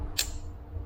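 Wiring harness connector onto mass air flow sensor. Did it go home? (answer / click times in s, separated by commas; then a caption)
yes / 0.2 s. A plastic electrical connector on the wiring harness is pushed onto the mass air flow sensor on an F-150 intake and gives a single sharp click at 0.2 s, marking the moment it snaps into place. A brief, quieter tick is heard near the end over a low steady hum, and the connector is confirmed seated.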